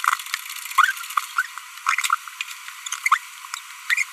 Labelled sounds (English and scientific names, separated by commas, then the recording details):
Green-rumped Parrotlet (Forpus passerinus) babbling
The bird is a female
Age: 25 days
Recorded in a nest box in Venezuela
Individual 17B42B1